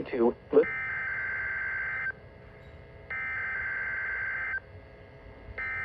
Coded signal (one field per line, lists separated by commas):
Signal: Emergency Alert System (SAME) tones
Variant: header bursts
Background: speech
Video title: MARCH'S MESS - EAS Tests from March 2026 (EAS #737 - #745)